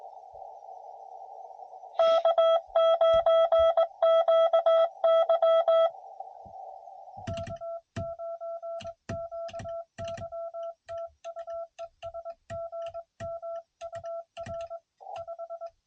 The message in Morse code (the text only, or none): K9QY K9QY TU ES GM UR 5